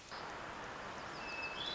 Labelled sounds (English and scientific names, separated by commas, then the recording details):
Hermit Thrush (Catharus guttatus)
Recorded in Sonoma County, California